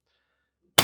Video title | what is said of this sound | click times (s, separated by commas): Tula VSS Vintorez 9x39mm Disassembly | so you're pushing forward there it's now it's fully seated and | 0.8 s